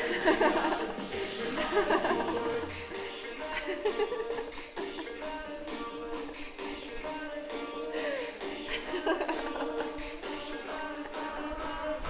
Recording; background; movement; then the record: laughter; music; sitting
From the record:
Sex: female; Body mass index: 18.3 kg/m2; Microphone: on the chest, facing outward